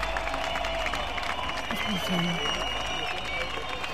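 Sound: crowd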